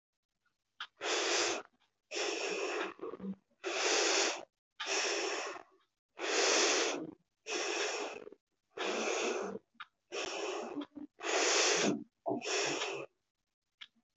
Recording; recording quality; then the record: deep breathing; excellent, no background noise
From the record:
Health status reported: recovered from COVID-19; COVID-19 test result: negative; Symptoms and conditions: breathing difficulty, hypertension, ischaemic heart disease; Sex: female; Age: 53 years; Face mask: worn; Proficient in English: yes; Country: India